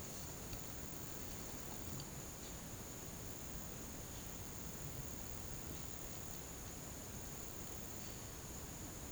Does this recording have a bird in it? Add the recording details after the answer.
no. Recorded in pastures near Puerto Asís, Putumayo, Colombia, on 13 March 2025 at 14:30. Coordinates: 0.486, -76.323. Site G075